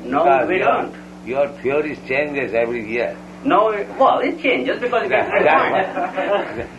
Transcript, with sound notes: No, we don't.
...because you theories changes every year.
No... Well it changes, [laughter] because it is very...